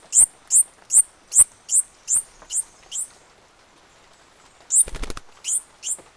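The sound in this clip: Bird calls, sharp high downslurred notes in a quick run, then a silent gap, a short burst of rattling noise, and a few more notes.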